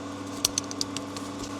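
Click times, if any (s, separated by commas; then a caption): none. A plastic wiring connector is pushed onto the hazard/warning light switch panel while the dash trim of a Yaris is being refitted. Several small, sharp plastic knocks are heard at about 0.5, 0.6, 0.8 and 1.0 seconds over a steady low background hum. The connector has not seated or clicked in yet.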